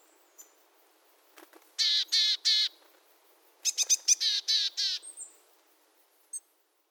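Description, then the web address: Willow tit giving harsh, buzzy nasal notes: three in a row, a pause, then a longer run of six or seven, with a thin high whistle before and after. Recorded at Shirakaba on 9 September 2017. "koe kogara 170909 shirakaba"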